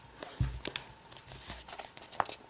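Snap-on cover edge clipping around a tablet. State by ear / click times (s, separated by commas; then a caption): seated / 0.8 s, 2.2 s. The edges of a snap-on cover for a Google Nexus 7 tablet are pressed around the tablet's rim, giving several short snap clicks amid faint rustling. Sharp clicks land at 0.8 s and 2.2 s as the cover edge clips into place, and the cover ends up seated around the tablet.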